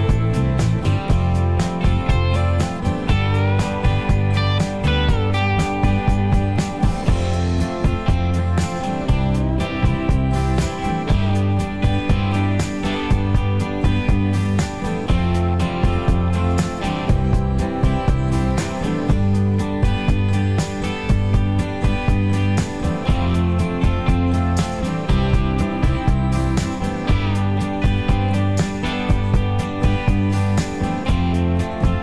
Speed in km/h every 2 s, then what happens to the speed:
84, 85, 85, 87, 87, 89, 87, 85, 84, 82, 77, 76, 72, 74, 72, 74.
0-11 steady at about 85. 11-24 slows to 72. 24-32 steady at about 72.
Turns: none.